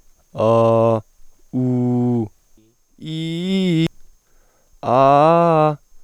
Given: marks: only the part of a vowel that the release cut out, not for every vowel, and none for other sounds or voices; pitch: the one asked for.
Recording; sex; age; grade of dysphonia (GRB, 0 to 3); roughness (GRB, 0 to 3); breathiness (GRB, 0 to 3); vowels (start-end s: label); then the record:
sustained vowels; male; 20 to 29 years; 0; 0; 0
0.45-0.96 s: vowel /a/, low pitch
1.60-2.22 s: vowel /u/, low pitch
3.16-3.85 s: vowel /i/, low-high-low pitch
4.93-5.69 s: vowel /a/, low-high-low pitch
From the record:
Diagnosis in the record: healthy voice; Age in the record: 20 years